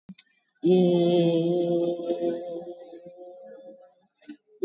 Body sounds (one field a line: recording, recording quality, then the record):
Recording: sustained vowel as in made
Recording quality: excellent, no background noise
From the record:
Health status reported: COVID-19 positive, moderate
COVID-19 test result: positive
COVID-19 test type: RT-PCR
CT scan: taken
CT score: 9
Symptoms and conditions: cough, cold, fever, muscle pain, loss of smell and taste, diarrhoea, hypertension, diabetes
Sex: female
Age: 57 years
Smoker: no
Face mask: worn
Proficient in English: no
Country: India